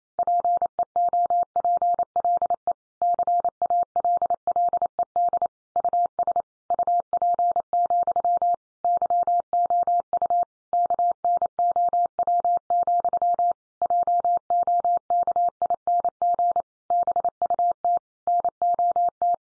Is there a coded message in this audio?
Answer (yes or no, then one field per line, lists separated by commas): yes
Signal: Morse code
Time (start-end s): 0.2-19.3 s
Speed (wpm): 28 wpm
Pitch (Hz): 700 Hz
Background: none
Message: PEOPLE CALLED US UP, YOU KNOW, JOKING BUT NOT